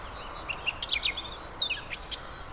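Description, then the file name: Eurasian blackcap song: short bursts of high, sweet whistled and twittering notes, somewhat uneven, over a background of noticeable hiss. "Sylvia atricapilla"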